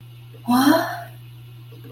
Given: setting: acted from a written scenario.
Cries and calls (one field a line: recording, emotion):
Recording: vocal sound without words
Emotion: interest